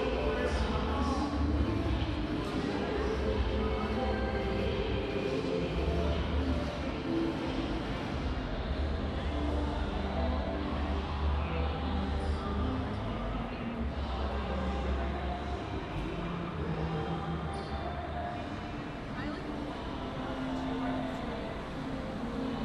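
A busy street on an evening walk, with many voices talking at once in a steady, dense crowd murmur. A low rumble of traffic runs underneath throughout, with no single event standing out and the level holding even for the whole stretch.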